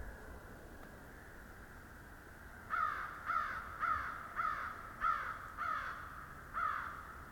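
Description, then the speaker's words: Crows cawing, a run of seven harsh, muffled caws after a quiet start, over steady background noise. A flock of crows far off, vocalizing very loudly but sounding muffled. "So far off, you can hear kind of a muffled flock of crows."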